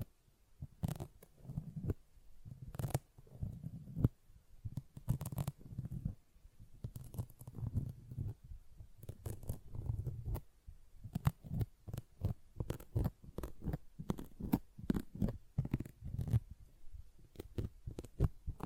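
A sponge is worked close up, its wet squishing giving soft, low, gurgling pulses for the first ten seconds. After about eleven seconds, quicker, sharper strokes take over, dense scratching or brushing bursts arriving several times a second until the end, in a small quiet room.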